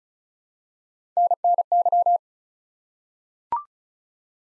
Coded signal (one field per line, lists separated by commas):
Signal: Morse code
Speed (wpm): 36 wpm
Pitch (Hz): 700 Hz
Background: none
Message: NNY